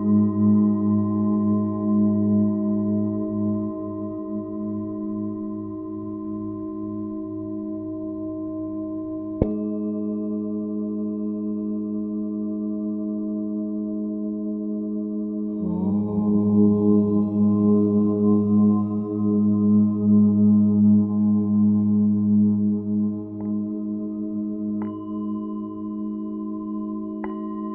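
Tibetan singing bowls ring in long, steady overlapping tones over a low hum, freshly struck near the middle, with occasional faint clicks.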